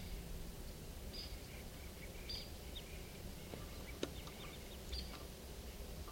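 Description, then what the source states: Crossbill calls: scattered short high chips and a few brief notes, faint against constant low background noise, with one sharp click midway. Possibly a flock of about five, in the trees above a camp, recorded at 4:57 p.m.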